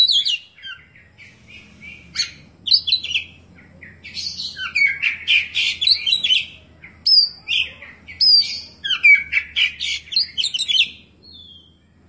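Oriental magpie-robin singing a varied run of sharp whistles, chirps and clicks in bursts, mostly high-pitched, with short pauses and a low steady hum underneath.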